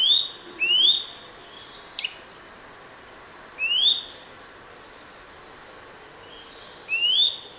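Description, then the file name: Eurasian nuthatch calls: sharp, rising whistled 'tuit' notes, a pair near the start and single notes later, with a brief click and faint high twittering behind. "Sitta europaea"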